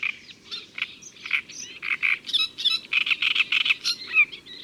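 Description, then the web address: Great reed warbler singing a steady stream of croaky, scratchy syllables about three per second, interspersed with thin whistled slurs. Recorded in May. "Mai La Rousserolle turdoide. les-4-saisons-des-chants-doiseaux"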